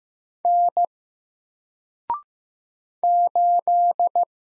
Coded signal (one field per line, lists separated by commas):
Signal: Morse code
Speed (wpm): 15 wpm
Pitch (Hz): 700 Hz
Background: none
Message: N 8